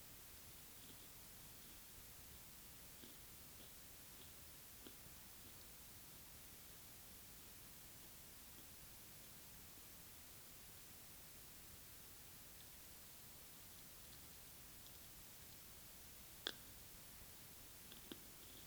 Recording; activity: daily activity, guitar pickup as the sensor; eat